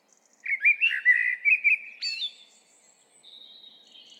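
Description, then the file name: Eurasian blackbird song phrase of rich warbled notes in quick succession, ending in a sharp high squeak and a faint thin trailing whistle. "Turdus merula"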